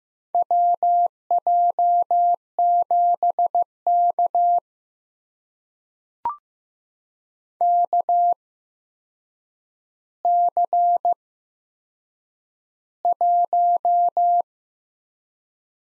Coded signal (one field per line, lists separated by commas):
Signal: Morse code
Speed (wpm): 15 wpm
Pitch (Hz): 700 Hz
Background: none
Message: WJ7K KC1